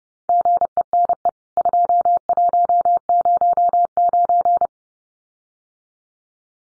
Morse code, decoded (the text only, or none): GENE 2109